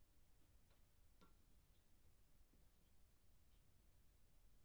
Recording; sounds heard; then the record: poultry house recording; no chicken sound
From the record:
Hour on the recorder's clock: 0